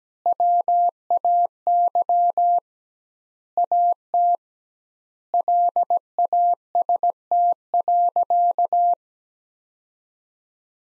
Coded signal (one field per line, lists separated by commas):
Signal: Morse code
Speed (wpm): 17 wpm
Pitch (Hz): 700 Hz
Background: none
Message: WAY AT LAST.